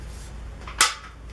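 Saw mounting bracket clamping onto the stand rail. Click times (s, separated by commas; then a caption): 0.8 s. A grip-side clamp lever on the metal saw mounting bracket of a Harbor Freight Hercules miter saw stand is tightened onto the stand rail. A faint tick at 0.7 s is followed by a sharp, bright metallic click at 0.8 s that quickly fades over low background noise. The bracket locks in place.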